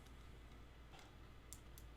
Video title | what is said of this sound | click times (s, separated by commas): Epic Drone Show EPISODE 13 - LIVE Drone Event | so that snapped back in. | 1.5 s